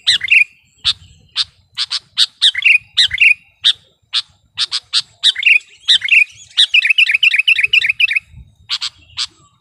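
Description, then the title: Sooty-headed bulbul song: quick, liquid chirps and sharp notes in close succession, ending in a rapid twittering run. "kutilang"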